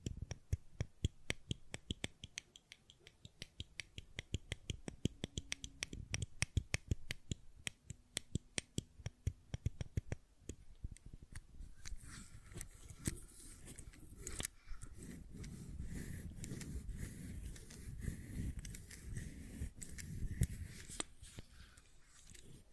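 Tapping and clicking on a fidget cube, with rapid, crisp clicks that come in quick bursts through the first half. After about twelve seconds the clicks thin out and a rougher, low rubbing or fumbling sound takes over, with occasional sharper snaps.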